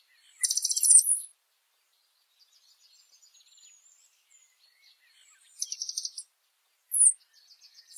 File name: Canto do Sai azul